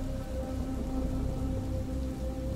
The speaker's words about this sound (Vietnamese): Tiếng mưa ngày càng lớn dần, lấn át đi tiếng la hét của bà Bích.